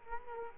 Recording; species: mosquito wingbeat signal from an infrared sensor; Culex quinquefasciatus